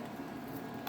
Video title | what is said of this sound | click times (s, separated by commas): GentleMax Pro set | From there, you're going to want to slide this guy in, and you should hear it click. | 0.9 s